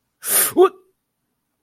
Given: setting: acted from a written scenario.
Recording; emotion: vocal sound without words; negative surprise